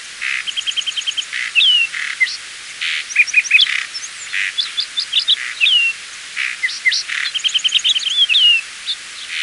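Lark sparrow song runs on at length, alternating rapid pulsed trills, scratchy buzzes and bright down-slurred whistles in an ever-changing pattern.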